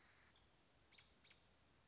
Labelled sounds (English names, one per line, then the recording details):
American Robin
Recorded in Sonoma County, California